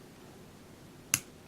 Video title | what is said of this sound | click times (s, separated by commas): Spyderco S30V Manix 2 review | you can hear it, and it's just a nice click. | 1.1 s